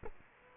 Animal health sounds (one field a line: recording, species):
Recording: mosquito wingbeat signal from an infrared sensor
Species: Culex quinquefasciatus